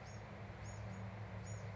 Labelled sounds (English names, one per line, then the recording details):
Bewick's Wren
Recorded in Sonoma County, California